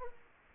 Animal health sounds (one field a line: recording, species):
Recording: mosquito wingbeat signal from an infrared sensor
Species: Aedes aegypti